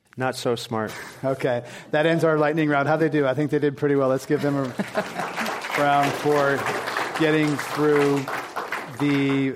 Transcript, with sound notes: Not so smart.
Okay. That ends our lighting round. How they do, I think they did pretty well. Let’s give them a –
[Applause]
– round for getting through the